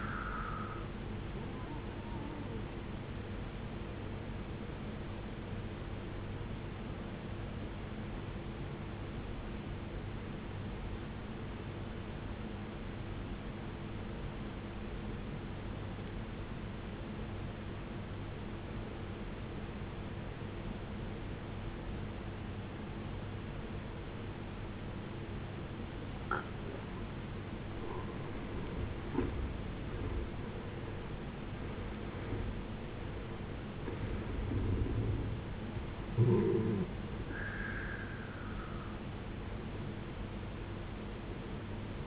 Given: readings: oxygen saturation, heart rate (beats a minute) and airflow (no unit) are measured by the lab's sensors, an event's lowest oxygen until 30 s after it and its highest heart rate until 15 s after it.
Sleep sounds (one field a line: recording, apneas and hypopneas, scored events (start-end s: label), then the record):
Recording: breathing in sleep by a voice recorder at the bedside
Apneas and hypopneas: 1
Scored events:
7.00-42.07 s: new sleep stage, N1 (lightest sleep)
12.00-29.20 s: obstructive apnea (N1, oxygen 93% highest, then 75% lowest, heart rate 56 at the start, 80 highest)
From the record:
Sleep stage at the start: N2 (light sleep)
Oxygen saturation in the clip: 75 to 93%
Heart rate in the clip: 54 to 80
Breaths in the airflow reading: 5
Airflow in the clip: -14.4 to 14.0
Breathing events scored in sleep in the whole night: 389 in 6.3 hours asleep